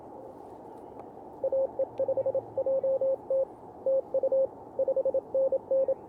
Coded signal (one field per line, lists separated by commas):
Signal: Morse code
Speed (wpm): 27 wpm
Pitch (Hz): 530 Hz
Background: none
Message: AE5JT TU 5NN